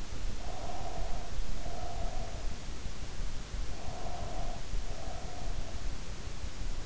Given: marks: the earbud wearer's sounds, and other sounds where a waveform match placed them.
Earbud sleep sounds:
sounds in sleep by an in-ear microphone; breath
0.32-2.65 s: breath
3.64-5.83 s: breath

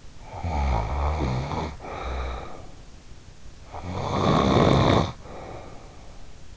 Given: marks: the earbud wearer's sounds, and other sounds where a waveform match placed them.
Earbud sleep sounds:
sounds in sleep by an in-ear microphone; snoring breath
0.16-2.84 s: snoring breath
3.76-6.33 s: snoring breath

